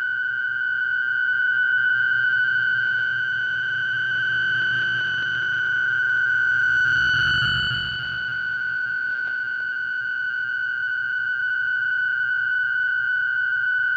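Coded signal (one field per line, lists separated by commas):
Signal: fast PSK data mode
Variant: PSKR mode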